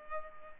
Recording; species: mosquito wingbeat signal from an infrared sensor; Culex pipiens